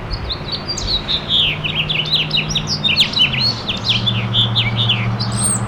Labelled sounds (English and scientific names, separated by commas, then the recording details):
House Finch (Haemorhous mexicanus) song
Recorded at Freeport on Long Island, New York, on 28 May 2013
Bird C